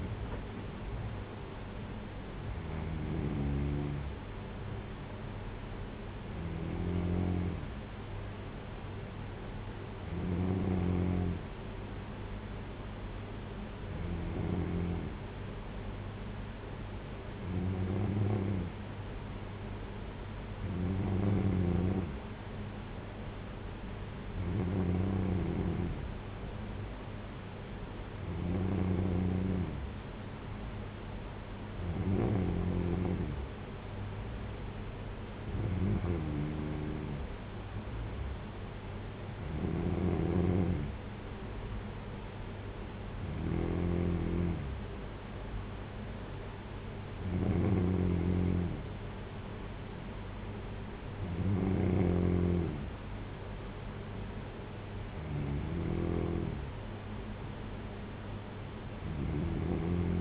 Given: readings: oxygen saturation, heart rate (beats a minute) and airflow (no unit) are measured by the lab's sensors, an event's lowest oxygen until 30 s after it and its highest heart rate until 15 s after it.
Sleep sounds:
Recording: breathing in sleep by a voice recorder at the bedside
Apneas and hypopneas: none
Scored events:
none scored
From the record:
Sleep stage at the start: N3 (deep sleep)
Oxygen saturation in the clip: 93 to 94%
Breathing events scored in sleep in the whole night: 226 in 8.8 hours asleep

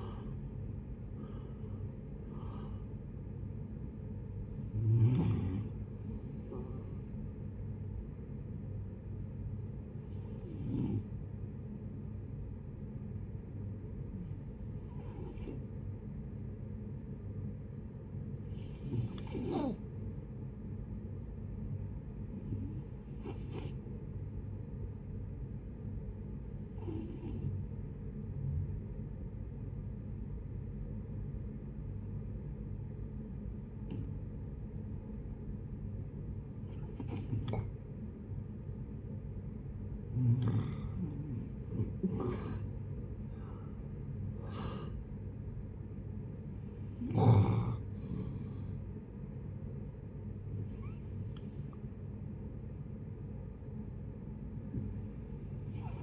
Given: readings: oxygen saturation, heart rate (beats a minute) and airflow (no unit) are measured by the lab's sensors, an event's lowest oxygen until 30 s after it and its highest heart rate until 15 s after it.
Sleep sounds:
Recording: breathing in sleep by a smartphone at the bedside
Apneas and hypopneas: 1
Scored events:
5.00-56.03 s: new sleep stage, N1 (lightest sleep)
17.00-39.90 s: hypopnea (N1, oxygen 93% highest, then 78% lowest)
From the record:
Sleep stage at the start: REM sleep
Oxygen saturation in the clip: 67 to 93%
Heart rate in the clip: 44 to 88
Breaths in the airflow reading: 13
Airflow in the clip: -11.1 to 10.7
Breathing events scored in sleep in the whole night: 496 in 5.4 hours asleep

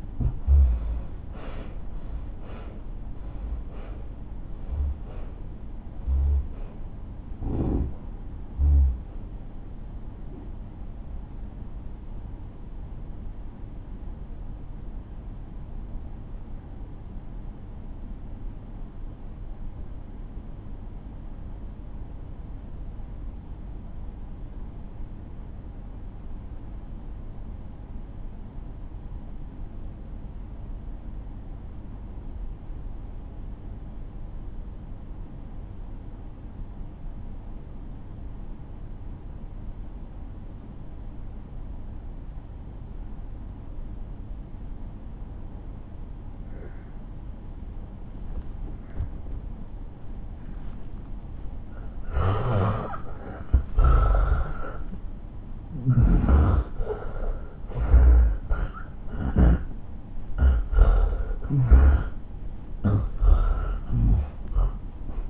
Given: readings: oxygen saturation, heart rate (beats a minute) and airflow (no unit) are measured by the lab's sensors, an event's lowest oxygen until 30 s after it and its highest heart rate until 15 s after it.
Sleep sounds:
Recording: breathing in sleep by a smartphone at the bedside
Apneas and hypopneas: 1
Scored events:
7.00-46.90 s: obstructive apnea (N1, oxygen 94% highest, then 83% lowest)
24.00-54.00 s: new sleep stage, awake
26.00-62.00 s: awake
54.00-65.30 s: new sleep stage, N1 (lightest sleep)
From the record:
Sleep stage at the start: N1 (lightest sleep)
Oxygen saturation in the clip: 75 to 94%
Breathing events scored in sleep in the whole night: 217 in 6.3 hours asleep

